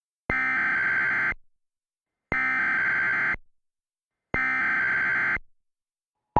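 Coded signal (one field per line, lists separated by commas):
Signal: Emergency Alert System (SAME) tones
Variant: header bursts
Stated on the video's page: Mock tornado warning, simulated EAS alert issued under the Portland weather forecast office.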